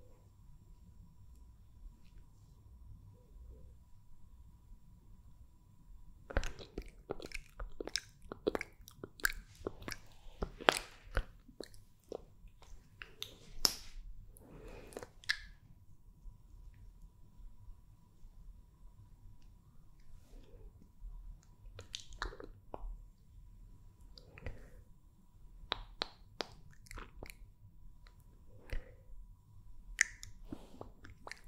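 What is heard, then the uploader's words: Mouth sounds and kiss sounds: sharp wet smacks and clicks, quiet for the first six seconds, then coming in quick clusters from about 6 to 16 seconds. After that they turn sparser and softer, arriving in small irregular groups over a faint low hum. MOUTH SOUNDS and KISS SOUNDS.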